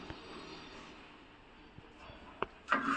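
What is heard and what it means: A filter part is placed into a water purifier housing, where it has to sit centred on a round ring at the bottom, and it lands with a sharp hit at 2.4 s. The part is seated on its base ring. Faint background noise runs throughout, with a smaller tap near 0.1 s and a louder burst of sound from about 2.7 s to the end.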